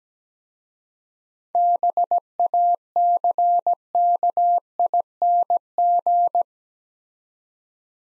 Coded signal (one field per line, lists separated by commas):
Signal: Morse code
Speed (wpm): 17 wpm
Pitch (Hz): 700 Hz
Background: none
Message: BACKING